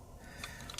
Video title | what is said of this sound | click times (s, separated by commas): Charles Daly Field Grade 1911 - Sootch00 Review - Charles Daly - 1911 Pistol - Chiappa Firearms | And holding tension, we're going to bring that barrel bushing back until it snaps into place. | 0.8 s